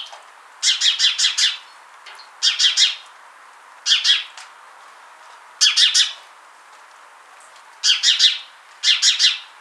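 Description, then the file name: House sparrow giving bunched chirps, several runs of a few harsh notes with short pauses between. "Passer domesticus"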